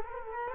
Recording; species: mosquito wingbeat signal from an infrared sensor; Culex quinquefasciatus